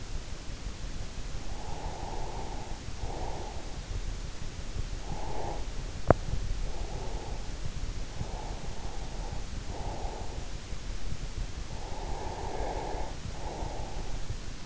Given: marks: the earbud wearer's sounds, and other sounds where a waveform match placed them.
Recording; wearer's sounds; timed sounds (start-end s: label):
sounds in sleep by an in-ear microphone; breath
1.77-3.85 s: breath
5.03-7.42 s: breath
8.06-10.53 s: breath
11.51-14.43 s: breath